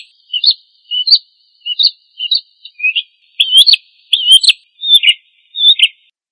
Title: Kicau Kacer